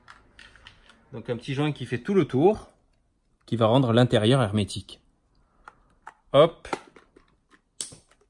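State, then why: Seated. A plastic battery hatch cover with a rubber seal running around its edge is pressed down onto a toy boat's hull after the battery has gone in. Someone talks, a few quiet clicks and handling sounds follow, and then one sharp, loud snap at 7.8 seconds. The cover is clipped shut and seated.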